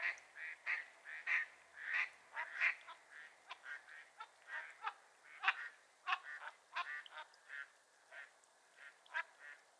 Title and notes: A Morning on Otter Creek with a Raft of Ducks. Nature is my Jam. it is time well spent with a raft of Mallard Ducks